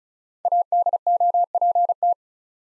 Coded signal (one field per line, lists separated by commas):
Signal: Morse code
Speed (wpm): 36 wpm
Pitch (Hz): 700 Hz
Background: none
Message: ADOPT